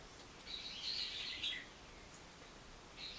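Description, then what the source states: Bird twittering in a high, scratchy burst lasting about a second, then a brief faint chirp at the end, over low background hiss. Recorded 24 March 2023.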